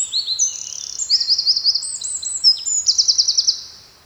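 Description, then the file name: Eurasian wren song: a rapid, high-pitched outpouring of sharp notes and fast buzzy trills, several rattling trill bursts strung together without pause over four seconds. "Troglodytes troglodytes"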